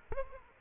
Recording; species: mosquito wingbeat signal from an infrared sensor; Aedes aegypti